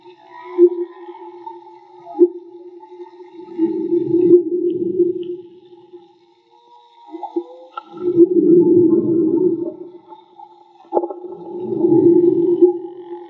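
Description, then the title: Whale song of three broad, rumbling groans spaced about four seconds apart, with faint clicks and a steady droning tone throughout. Field recording made with DIY hydrophones built by the recordist; audio cleaned afterward. "CANTO DE BALLENAS MAGMA"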